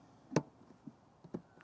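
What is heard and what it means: A pannier's screw-on mounting points on a Harley-Davidson Street Glide ST motorcycle frame are tightened, and the mounting fasteners click as they get tight, at 0.4, 1.4 and 1.6 seconds. The first click is the loudest, and short, soft ticks fall between them. No one talks.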